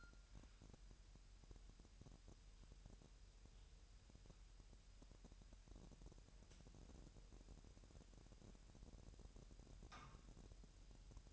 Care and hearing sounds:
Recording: daily activity, microphone in the room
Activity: wipe stove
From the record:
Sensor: 2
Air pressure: 1000.7 hPa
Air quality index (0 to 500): 249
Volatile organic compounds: 98 ppm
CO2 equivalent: 3740 ppm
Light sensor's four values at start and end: 9/22/9/9 and 9/22/9/9

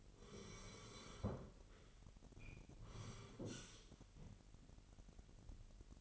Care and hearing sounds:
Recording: daily activity, microphone in the room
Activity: sit down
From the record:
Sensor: 4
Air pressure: 999.4 hPa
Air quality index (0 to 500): 109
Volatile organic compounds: 2 ppm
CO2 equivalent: 1078 ppm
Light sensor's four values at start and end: 11/26/10/11 and 11/26/10/11

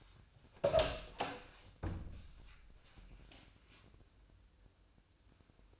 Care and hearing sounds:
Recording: daily activity, microphone in the room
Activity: open door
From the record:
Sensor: 2

